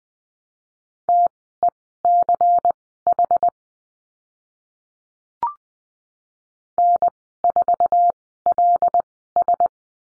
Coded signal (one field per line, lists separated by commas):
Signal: Morse code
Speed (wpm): 20 wpm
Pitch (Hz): 700 Hz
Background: none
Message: TECH N4LS